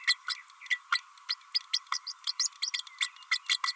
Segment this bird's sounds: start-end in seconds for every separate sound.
0.07-0.15, 0.70-0.79, 0.92-1.01, 1.29-1.35, 1.73-1.79, 1.92-1.98, 2.07-2.12, 2.27-2.33, 2.39-2.48, 2.62-2.70, 2.73-2.82, 3.00-3.09, 3.31-3.39, 3.49-3.58, 3.63-3.72